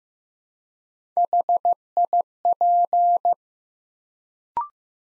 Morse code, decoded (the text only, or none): HIP